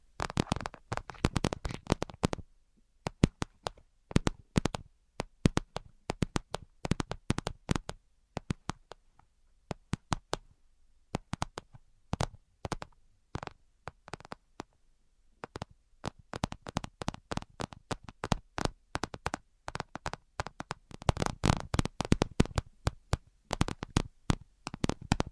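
Sharp tapping comes in quick, irregular bursts, each tap a crisp click reaching high up. The taps cluster densely at the start and again from about 16 to 25 seconds, thinning out in between, with brief silent gaps near 3 and 10 seconds.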